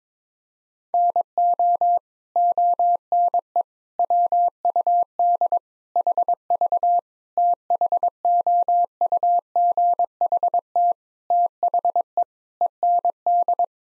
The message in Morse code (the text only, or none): NO ONE WUD HV THOUGHT THE END